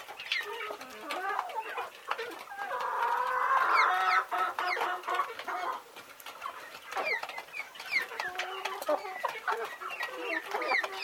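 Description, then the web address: Birds calling in a mix of clucks, short squawks and quick chirps, with a louder chattering swell in the middle. "audio animali uccelli uccelli birds"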